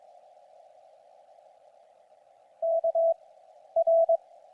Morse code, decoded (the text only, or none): KR